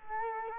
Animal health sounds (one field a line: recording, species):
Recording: mosquito wingbeat signal from an infrared sensor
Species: Culex quinquefasciatus